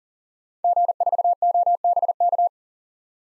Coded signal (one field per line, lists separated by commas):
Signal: Morse code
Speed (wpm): 40 wpm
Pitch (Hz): 700 Hz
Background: none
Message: G4OBK